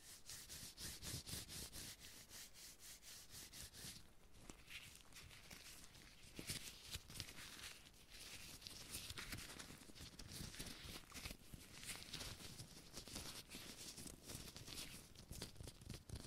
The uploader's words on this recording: ASMR Hand Sounds No Talking - Different Glove Sounds.